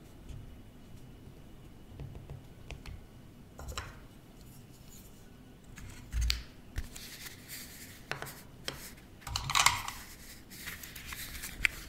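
Close-up tapping and tracing on office objects: sparse sharp clicks and scrapes over a low hum, with a brighter scratching burst near ten seconds.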